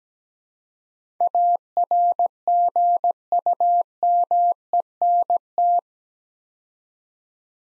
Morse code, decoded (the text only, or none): ARGUMENT